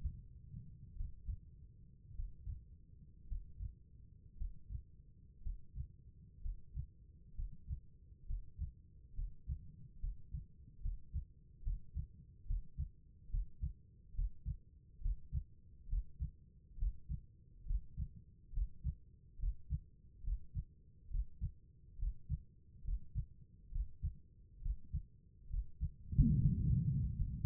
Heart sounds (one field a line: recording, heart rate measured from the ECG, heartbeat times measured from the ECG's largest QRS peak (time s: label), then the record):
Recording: heart sounds by stethoscope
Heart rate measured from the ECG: 66 bpm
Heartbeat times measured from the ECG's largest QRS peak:
0.95 s: heartbeat
2.13 s: heartbeat
3.26 s: heartbeat
4.35 s: heartbeat
5.40 s: heartbeat
6.39 s: heartbeat
7.33 s: heartbeat
8.24 s: heartbeat
9.12 s: heartbeat
9.98 s: heartbeat
10.80 s: heartbeat
11.61 s: heartbeat
12.45 s: heartbeat
13.28 s: heartbeat
14.13 s: heartbeat
15.00 s: heartbeat
15.87 s: heartbeat
16.77 s: heartbeat
17.65 s: heartbeat
18.52 s: heartbeat
19.38 s: heartbeat
20.23 s: heartbeat
21.09 s: heartbeat
21.98 s: heartbeat
22.83 s: heartbeat
23.71 s: heartbeat
24.61 s: heartbeat
25.49 s: heartbeat
26.37 s: heartbeat
27.16 s: heartbeat
From the record:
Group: healthy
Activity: breath hold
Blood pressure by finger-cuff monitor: 95/60 mmHg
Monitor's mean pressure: 69 mmHg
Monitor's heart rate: 67 bpm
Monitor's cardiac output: 4.6 L/min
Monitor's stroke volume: 68 mL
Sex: female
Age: 36 years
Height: 163 cm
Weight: 88 kg